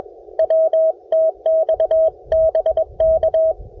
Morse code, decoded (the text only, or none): W TX BK